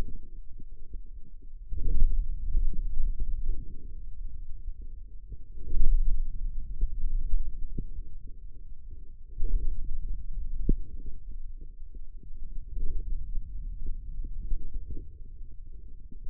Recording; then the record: forearm muscle sounds (acoustic myography)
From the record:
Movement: finger pinch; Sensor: system 2, bracelet of six BSWA MPA416 microphones around the upper forearm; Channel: 6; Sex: male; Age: 22 years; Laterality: right